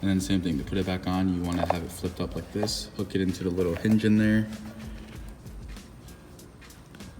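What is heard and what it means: A metal spring clip on the plastic intake air box lid of a Lexus IS250/350 is flipped up, hooked into its small hinge, and pulled up over the lid. Someone talks over background music, and near the end the clip snaps shut with sharp clicks at 7.0 and 7.0 seconds, seating it in place.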